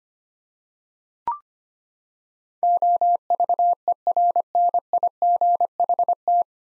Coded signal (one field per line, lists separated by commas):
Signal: Morse code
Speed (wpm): 25 wpm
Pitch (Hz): 700 Hz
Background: none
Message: OVERNIGHT